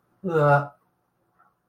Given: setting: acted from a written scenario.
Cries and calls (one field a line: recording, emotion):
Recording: vocal sound without words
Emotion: embarrassment